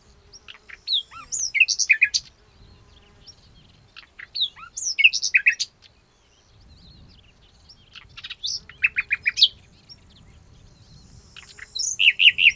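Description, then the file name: Common nightingale song in separate bursts of sweeping whistles and rapid rattled notes, with gaps between phrases. "Luscinia megarhynchos"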